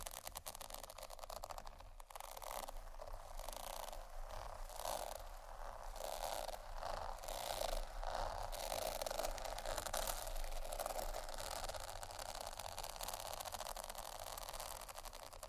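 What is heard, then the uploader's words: Tapping and scratching on bags fills the clip with a dense, crinkly rustle that never lets up. Quick taps and scrapes come in rapid, fairly regular bursts, strongest through the middle stretch. A steady low hum runs underneath throughout. ASMR Tappingscratching Galore 4 Bags (No Talking).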